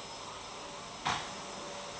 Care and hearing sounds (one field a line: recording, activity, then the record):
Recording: daily activity, microphone in the room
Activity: vacuum cleaning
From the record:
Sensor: 3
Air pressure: 1011.9 hPa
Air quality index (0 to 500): 236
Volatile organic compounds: 5 ppm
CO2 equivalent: 1750 ppm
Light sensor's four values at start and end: 11/26/11/11 and 11/26/11/10